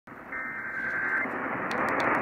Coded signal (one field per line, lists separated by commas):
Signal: Emergency Alert System (SAME) tones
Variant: header bursts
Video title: Oklahoma Required Monthly Test on KOKC 1520 AM